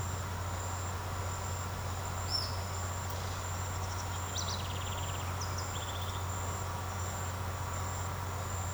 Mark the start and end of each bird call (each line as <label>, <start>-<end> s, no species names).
bird call, 2.27-2.61 s
bird call, 4.15-6.27 s